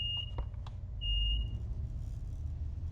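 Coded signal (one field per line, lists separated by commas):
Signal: bell signal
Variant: guard-to-driver buzzer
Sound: two high steady beeps about half a second apart over engine rumble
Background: train engine rumble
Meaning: Two beeps: the guard tells the driver the train is ready to start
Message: 2 short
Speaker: beeps means if the guard operator that we can go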